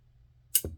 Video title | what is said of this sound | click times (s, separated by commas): We got an interesting knife to go over! The Longship!! Also, the knife design(s) of the week!! | uh when you close it it locks into place it actually has like a like a detent | 0.6 s